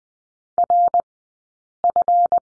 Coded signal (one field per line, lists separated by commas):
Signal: Morse code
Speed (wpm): 20 wpm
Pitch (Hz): 700 Hz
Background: none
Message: RF